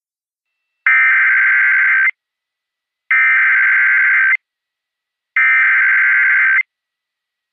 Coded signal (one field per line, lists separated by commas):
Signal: Emergency Alert System (SAME) tones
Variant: header bursts